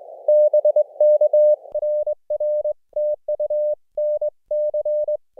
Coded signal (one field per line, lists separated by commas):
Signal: Morse code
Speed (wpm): 20 wpm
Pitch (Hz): 600 Hz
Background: none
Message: BK NR TU NC